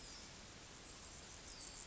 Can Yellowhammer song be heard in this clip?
no